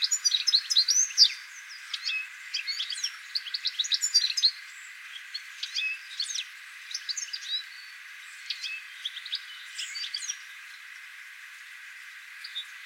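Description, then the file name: European goldfinch, high twittering song with quick liquid chirps and trills, busiest early, then scattered phrases separated by quieter gaps, with light background hiss. "Carduelis carduelis"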